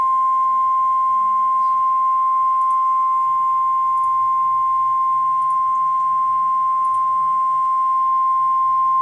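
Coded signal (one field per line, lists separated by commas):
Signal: Emergency Alert System (SAME) tones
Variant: 1050 Hz attention tone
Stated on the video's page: Tornado watch alert issued by the Storm Prediction Center for central and eastern Oklahoma.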